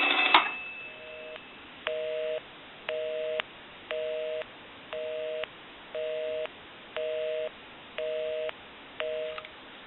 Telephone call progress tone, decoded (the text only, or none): busy tone